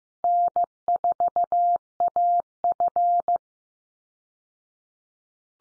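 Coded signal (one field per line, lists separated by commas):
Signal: Morse code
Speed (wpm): 15 wpm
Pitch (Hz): 700 Hz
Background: none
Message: N4AF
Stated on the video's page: Call sign head-copy Morse drill at 15 wpm, each call sign sent three times, then spoken, then sent again.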